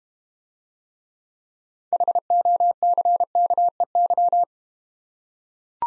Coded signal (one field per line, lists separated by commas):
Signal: Morse code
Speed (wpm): 29 wpm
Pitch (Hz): 700 Hz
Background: none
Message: HOCKEY